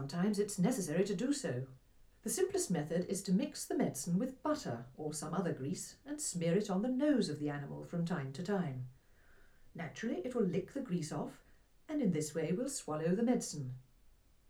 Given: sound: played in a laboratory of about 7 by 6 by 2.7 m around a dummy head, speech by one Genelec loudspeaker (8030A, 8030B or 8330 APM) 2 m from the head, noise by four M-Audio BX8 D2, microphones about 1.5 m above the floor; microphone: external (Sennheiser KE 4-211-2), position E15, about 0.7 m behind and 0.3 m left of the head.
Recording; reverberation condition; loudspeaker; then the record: female speech in English; low; 30 degrees to the left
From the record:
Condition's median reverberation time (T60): about 310 ms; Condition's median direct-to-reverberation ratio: about 3.5 dB